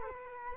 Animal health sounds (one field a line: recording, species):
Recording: mosquito wingbeat signal from an infrared sensor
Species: Culex quinquefasciatus